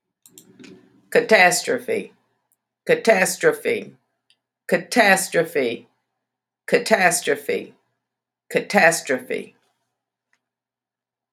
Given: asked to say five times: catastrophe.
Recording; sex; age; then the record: repeated word; female; 50 to 59 years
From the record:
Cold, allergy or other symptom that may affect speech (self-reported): no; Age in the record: 56 years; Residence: North Carolina, United States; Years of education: 16